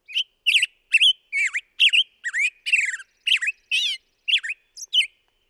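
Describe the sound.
Black-headed grosbeak delivering a lively warbling phrase of about a dozen clear, swooping whistled notes, evenly spaced and slightly varied in pitch, with no other sounds.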